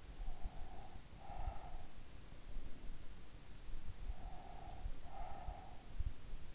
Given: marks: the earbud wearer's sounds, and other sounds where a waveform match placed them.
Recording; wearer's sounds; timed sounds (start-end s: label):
sounds in sleep by an in-ear microphone; breath
0.11-2.09 s: breath
4.05-6.21 s: breath